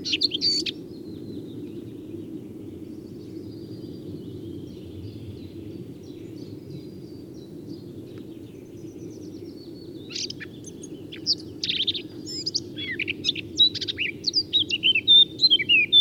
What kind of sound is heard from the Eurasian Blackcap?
song